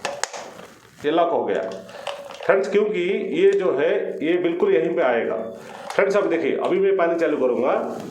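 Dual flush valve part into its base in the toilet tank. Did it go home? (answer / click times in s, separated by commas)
yes / 0.1 s, 0.2 s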